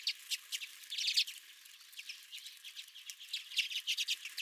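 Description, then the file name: Redpolls giving soft chips and short twittered phrases, a louder cluster around one second and brisk notes near the close. Several redpolls at the recordist's feeder. "Redpolls at My Feeder"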